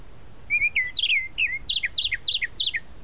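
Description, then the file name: Tropical mockingbird song with a slurred whistle followed by a run of sharp, repeated double chirps in quick succession. "Canto-do-Sabiá-da-Praia"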